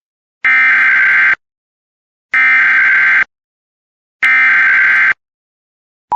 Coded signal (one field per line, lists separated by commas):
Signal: Emergency Alert System (SAME) tones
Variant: header bursts